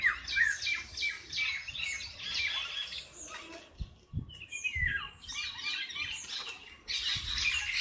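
Busy bird chorus of high chirps and descending twitters, broken by a few dull low thumps in the middle.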